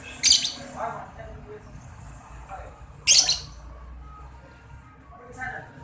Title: Kicau Lovebird SUPER GILA !!! Terapi Masteran LABET Terbaik Agar Labet Cepet NGEKEK PANJANG